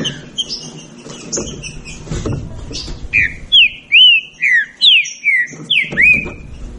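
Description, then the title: Green-winged saltator song: after soft scattered notes and low knocks, a clear series of about eight strong whistled slurs, some sweeping up, others falling. Birds in a singing dispute; bird apparently named Nicao. "Trinca Ferro Nicao Disputando"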